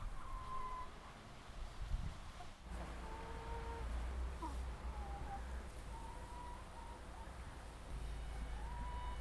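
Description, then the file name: Chickens making drawn-out, whining tonal calls, several notes spread throughout, some level and some slightly falling, over a steady low rumble. Laying hens kept by the recordist's grandmother. "Kury nioski babci"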